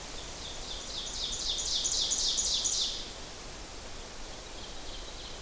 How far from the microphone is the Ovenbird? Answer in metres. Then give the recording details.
about 35 m. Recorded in boreal forest in Alberta, Canada, on 12 June 2016 at 07:17. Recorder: SongMeter 3, array SBT-3-18. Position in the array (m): 240 m, 83 m. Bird 31